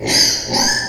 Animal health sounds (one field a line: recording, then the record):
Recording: squeal of a Yucatan mini pig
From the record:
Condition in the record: before surgery on the right vocal fold (resection and tissue-engineered implant)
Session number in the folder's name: 2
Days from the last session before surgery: 0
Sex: male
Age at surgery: 12 weeks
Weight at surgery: 13 kg